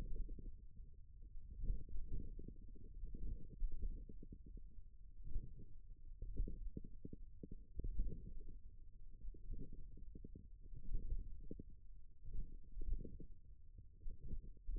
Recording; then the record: forearm muscle sounds (acoustic myography)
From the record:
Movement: index flexion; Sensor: system 1, eight BSWA MPA416 microphones around the upper forearm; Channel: 6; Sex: male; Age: 41 years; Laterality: right